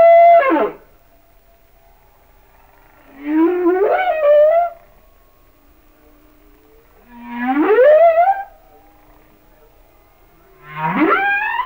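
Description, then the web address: Humpback whale song: harmonic whoops, mostly rising, recurring roughly every three and a half seconds over a quiet background. "Whale Songs Sounds of Nature - Humpback Whales"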